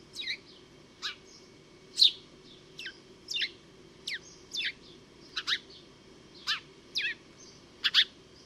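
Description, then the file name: House sparrow chirping: single sharp, downward-sliding chirps repeated at irregular intervals, some doubled, over a faint low hum. "Passer domesticus"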